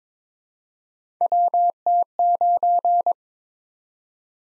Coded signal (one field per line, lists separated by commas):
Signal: Morse code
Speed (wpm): 22 wpm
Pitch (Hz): 700 Hz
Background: none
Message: WT9